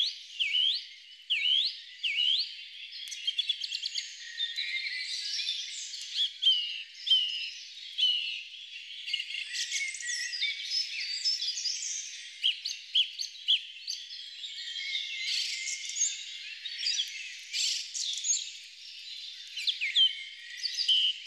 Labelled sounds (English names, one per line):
Song Thrush song